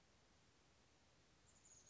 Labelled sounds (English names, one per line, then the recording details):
Chestnut-backed Chickadee
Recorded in Sonoma County, California